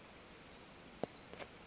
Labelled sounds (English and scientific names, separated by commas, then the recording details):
Brown Creeper (Certhia americana)
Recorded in Sonoma County, California